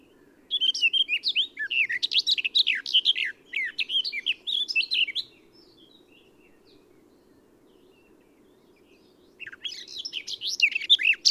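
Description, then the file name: Eurasian blackcap warbling: a lively chattering phrase of nearly five seconds, then silence, then the next phrase starting near the end, over a constant low hum. "Sylvia atricapilla"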